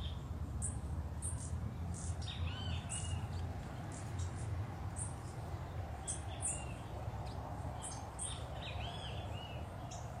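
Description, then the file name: Sapphire-spangled emerald calls: thin, high chips and short twittering slurs scattered throughout, faint over a steady low rumble. "BEIJA FLOR DE PEITO AZUL"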